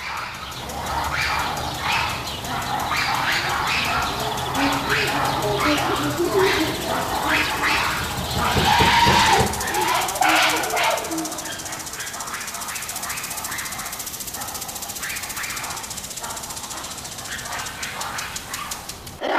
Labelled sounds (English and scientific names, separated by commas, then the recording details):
Black-and-white Ruffed Lemur (Varecia variegata)
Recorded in captivity
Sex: pair
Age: adult
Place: Zoo Berlin, Berlin, DE
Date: 1995-08-05 19:49
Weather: sonnig, 25°C
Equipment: Nagra SN, Sennheiser ME 80, Kopie Tesla B 116
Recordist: Tembrock, Günter